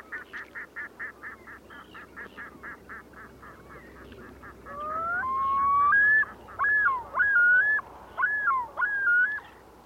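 Bird calls: a fast train of buzzy, pulsed notes for several seconds, then a long rising whistle and four slurred up-and-down whistled notes in quick succession.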